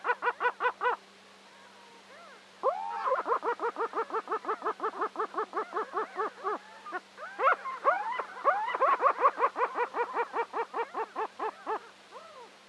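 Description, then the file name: Caspian gull calling in rapid laughing series, harsh notes repeated in bursts, with extra arched calls mixing in later. "Golosa ptic - Hohotunya Larus cachinnans"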